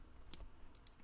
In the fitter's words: and you'll feel it kind of Click into place and then in here click